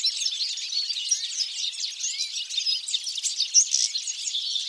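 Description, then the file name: European goldfinch twittering song, fast high chirps and trills throughout. "Carduelis carduelis"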